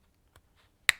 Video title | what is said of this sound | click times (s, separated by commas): Sam'sTrains Servicing Model Trains Live + Requests Catchup | so that's one of four clips now I've got to make sure this doesn't click back on | 0.9 s